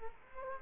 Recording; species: mosquito wingbeat signal from an infrared sensor; Culex quinquefasciatus